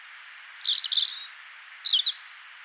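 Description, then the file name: European robin song: a quick, lively burst of high liquid notes, a piercing thin whistle, and a falling twittered ending, all within about two seconds. "Erithacus rubecula"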